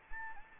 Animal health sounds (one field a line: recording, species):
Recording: mosquito wingbeat signal from an infrared sensor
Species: Anopheles gambiae